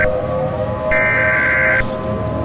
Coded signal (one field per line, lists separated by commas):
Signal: Emergency Alert System (SAME) tones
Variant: header bursts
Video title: EAS Scenario #2: The Christmas Disaster